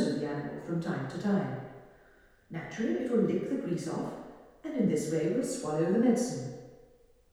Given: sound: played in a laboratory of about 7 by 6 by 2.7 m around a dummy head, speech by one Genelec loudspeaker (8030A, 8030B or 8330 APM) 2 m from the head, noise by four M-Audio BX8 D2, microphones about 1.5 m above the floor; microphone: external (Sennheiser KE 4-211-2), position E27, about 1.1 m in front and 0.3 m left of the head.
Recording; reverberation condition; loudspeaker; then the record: female speech in English; high; 120 degrees to the right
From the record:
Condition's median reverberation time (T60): about 1300 ms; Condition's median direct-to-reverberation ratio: about -4.0 dB